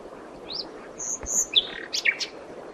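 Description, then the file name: Common nightingale song phrase of sharp, high whistled notes and quick chirps scattered over under three seconds, without a steady rhythm. "Luscinia megarhynchos"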